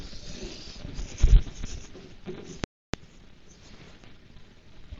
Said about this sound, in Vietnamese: Tự nhiên bữa nay bên thị sĩ là gió mưa coi như là tầm tã.